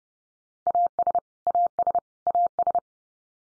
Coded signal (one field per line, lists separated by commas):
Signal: Morse code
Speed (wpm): 30 wpm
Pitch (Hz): 700 Hz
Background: none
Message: AS AS AS